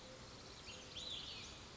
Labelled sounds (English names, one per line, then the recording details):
Olive-sided Flycatcher
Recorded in Sonoma County, California